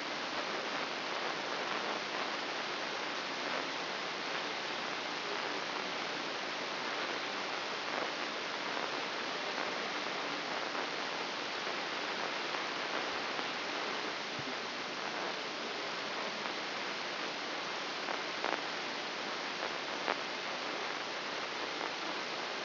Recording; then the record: brain microelectrode recording played as sound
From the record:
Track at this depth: inside the subthalamic nucleus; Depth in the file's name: 6.505 mm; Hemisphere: left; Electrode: 3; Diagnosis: Parkinson's disease